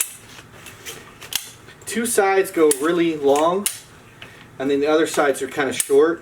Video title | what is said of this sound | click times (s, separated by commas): CLIQ Lounge & Original CLIQ Chair - Unboxing and Review | you got the legs right here just a lock into place and then you have | 0.0 s, 1.4 s